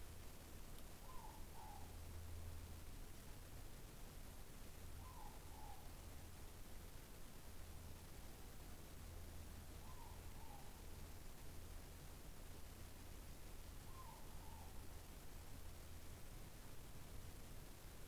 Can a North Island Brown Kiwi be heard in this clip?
no